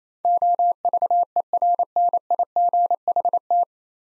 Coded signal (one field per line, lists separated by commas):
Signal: Morse code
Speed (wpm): 28 wpm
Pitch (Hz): 700 Hz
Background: none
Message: OVERNIGHT